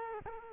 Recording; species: mosquito wingbeat signal from an infrared sensor; Culex quinquefasciatus